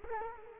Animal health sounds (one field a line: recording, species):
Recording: mosquito wingbeat signal from an infrared sensor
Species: Culex quinquefasciatus